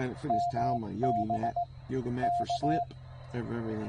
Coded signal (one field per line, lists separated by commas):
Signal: Morse code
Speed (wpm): 18 wpm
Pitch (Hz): 700 Hz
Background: speech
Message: MB K